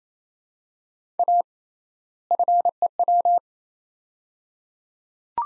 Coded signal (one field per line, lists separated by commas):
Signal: Morse code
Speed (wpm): 27 wpm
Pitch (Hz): 700 Hz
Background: none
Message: A FEW